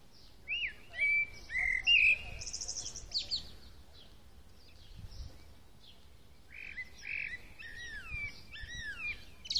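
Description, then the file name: Common blackbird song in two phrases: a burst of rich fluty whistles with a high squeaky flourish, a pause, then another warbled phrase rising into twitters. "Turdus merula"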